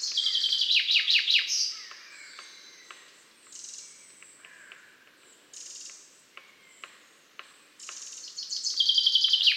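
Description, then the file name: Common chaffinch song: a bright, descending series of trilled notes already under way at the start, with a second phrase starting at the end, amid faint high twittering and soft clicks. "Fringilla coelebs"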